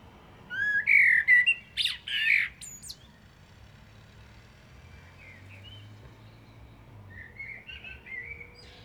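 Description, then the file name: Eurasian blackbird song: one brief mellow whistled phrase with sharp high squeaks near the start, then faint chirps over a quiet hum. "Turdus merula"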